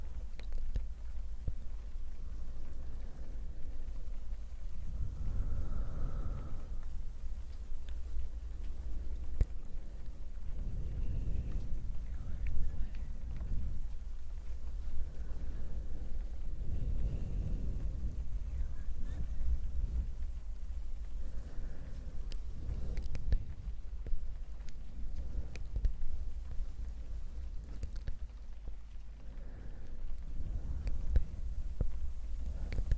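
Rain plays as a steady low rumble, with soft brushing swells rising and fading every few seconds and faint scattered clicks throughout.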